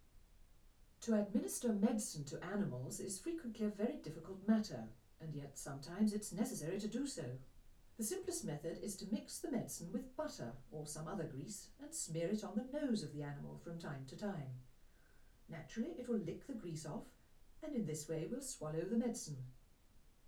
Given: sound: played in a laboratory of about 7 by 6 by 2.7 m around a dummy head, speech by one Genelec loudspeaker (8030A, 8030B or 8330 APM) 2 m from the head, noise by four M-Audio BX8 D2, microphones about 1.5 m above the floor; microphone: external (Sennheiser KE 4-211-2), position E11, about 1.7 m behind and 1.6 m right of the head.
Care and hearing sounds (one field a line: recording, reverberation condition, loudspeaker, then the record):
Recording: female speech in English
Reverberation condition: low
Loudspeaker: 30 degrees to the right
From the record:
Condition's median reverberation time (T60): about 310 ms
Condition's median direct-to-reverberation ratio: about 3.5 dB